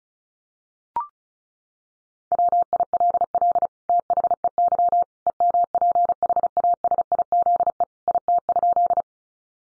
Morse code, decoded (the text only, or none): WILL THEY EMPHASIZE IT?